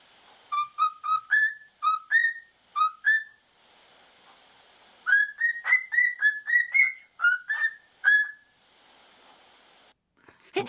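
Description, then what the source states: Cockatiel singing clear whistled notes, many sliding upward, delivered in two bursts of repeated whistles with a short pause between, ending with a brief thump. Pet cockatiel singing, recorded by the presenter and played back on air.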